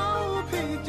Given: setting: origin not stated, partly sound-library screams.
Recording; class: one-second piece from a danger detection set; normal situation